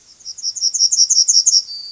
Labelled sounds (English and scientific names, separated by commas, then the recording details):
Yellowhammer (Emberiza citrinella) song
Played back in grassland
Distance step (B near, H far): B
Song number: 022